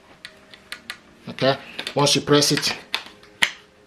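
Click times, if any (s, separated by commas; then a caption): 3.4 s. Someone talks while pressing the catch on the plastic brush/crevice tool attachment on the wand of a Goodmans 2 in 1 cordless stick vacuum cleaner to free the tool. After a few faint taps early on, a single sharp click sounds at 3.4 s, and the attachment is released.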